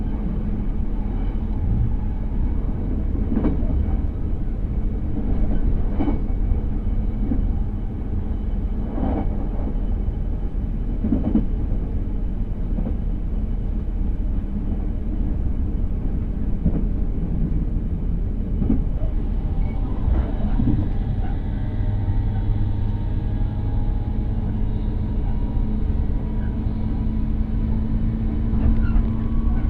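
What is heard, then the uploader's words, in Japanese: A train ride, heard as a steady low rumble that fills the whole half minute. Soft clicks and knocks from the wheels come every couple of seconds through the first twenty seconds, and after that a thin rising whine and a steady drone join in. 鉄道旅 佐賀→博多→中洲川端→呉服町。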